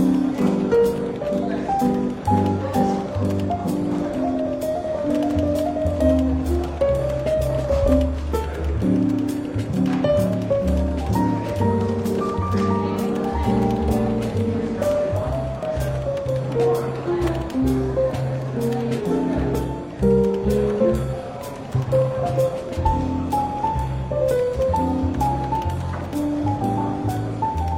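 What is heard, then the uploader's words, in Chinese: Soft, relaxed jazz plays throughout a London bookshop café, with a walking bass line and mellow melody lines moving over it. Light murmuring chatter sits beneath the music, and frequent small clicks and clinks break through regularly, with a brief dip around twenty seconds. 伦敦书店咖啡馆轻微喧闹氛围与柔和轻松的爵士背景音乐。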